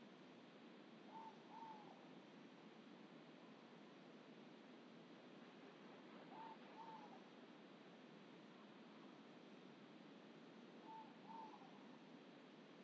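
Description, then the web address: Ivory-breasted pitta repeating soft paired whistles, three doubles at intervals of about five seconds, with faint constant hiss behind. Indonesia. "ULM-DS-Lab indonesian-bird-sounds. Pitta maxima"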